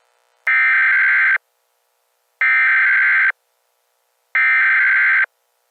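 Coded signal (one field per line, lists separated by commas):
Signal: Emergency Alert System (SAME) tones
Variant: header bursts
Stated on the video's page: Joke EAS scenario; tones may be valid.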